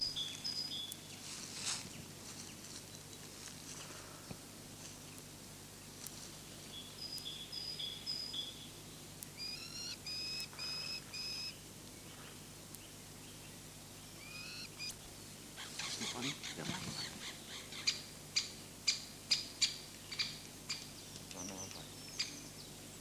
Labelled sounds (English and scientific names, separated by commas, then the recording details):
Eurasian Nuthatch (Sitta europaea)
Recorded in the wild
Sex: male
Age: adult
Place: Hermsdorfer Forsten, Berlin, DE
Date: 2006-04-15 13:10
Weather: sunny, ca. 12°C
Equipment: Grundig CR 110, Sennheiser ME 80, Kopie Uher 4000 Report Monitor
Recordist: Tembrock, Günter